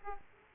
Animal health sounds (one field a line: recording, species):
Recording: mosquito wingbeat signal from an infrared sensor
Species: Aedes aegypti